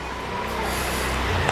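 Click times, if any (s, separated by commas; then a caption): none. An extension wand is pushed into a pressure washer spray gun, where each part has a lock that engages when pressed. Steady, low handling and rubbing noise builds slightly, with a brief knock near 1.5 s. Nothing has seated or clicked yet.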